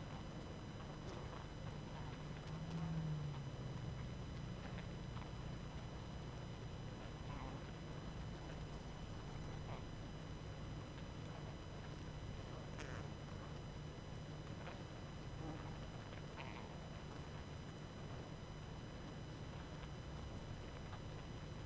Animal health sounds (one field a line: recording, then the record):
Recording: honeybee colony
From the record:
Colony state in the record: active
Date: 12 June 2018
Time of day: 21:47